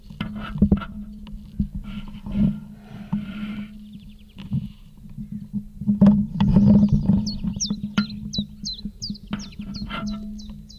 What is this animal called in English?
Common Chiffchaff